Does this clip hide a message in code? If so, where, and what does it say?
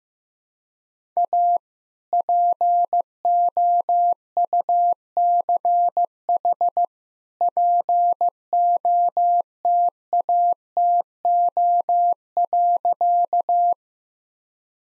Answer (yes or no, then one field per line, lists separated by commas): yes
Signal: Morse code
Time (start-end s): 1.2-13.7 s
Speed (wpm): 15 wpm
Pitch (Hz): 700 Hz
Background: none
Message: A POUCH POTATO.